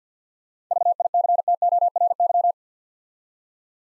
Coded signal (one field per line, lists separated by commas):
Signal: Morse code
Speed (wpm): 48 wpm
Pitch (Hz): 700 Hz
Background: none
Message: VICTORY